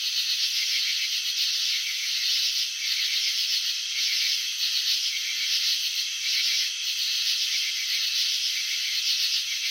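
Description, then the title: Slowed cricket chirping, a dense pulsed rattle that swells in loose, uneven bursts. Chirping slowed down (slow motion). "Crickets in Slow Motion 📷. Capturing the Elegance of Chirping"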